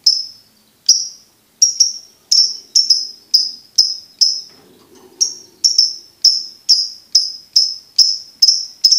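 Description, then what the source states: Lovebird calling with a steady series of piercing high chirps, roughly two each second, with a brief pause midway. Training recording for birds to learn the ngekek song style.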